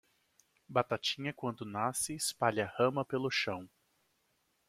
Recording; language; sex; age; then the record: short text; Brazilian Portuguese; male; 30 to 39 years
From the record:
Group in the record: control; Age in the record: 34 years